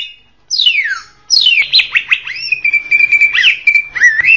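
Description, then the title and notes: Leafbird song beginning with long down-slurred whistles, then a dense run of chattering notes and a level pulsed trill. Singing cucak ijo described as a champion bird. "Kicau Burung Cucak Ijo Juara. Suara kicauan burung cucak ijo"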